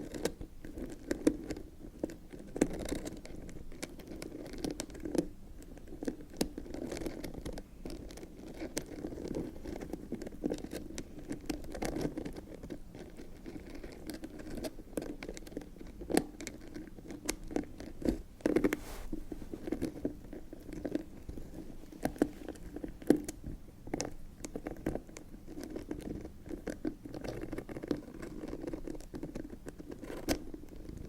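Fingernails scratch across leather and textured metallic leather bags in a continuous, busy patter of short scrapes and taps. The sound stays low and soft throughout, with frequent brighter ticks scattered across the whole half minute and a sharper scrape near eighteen seconds.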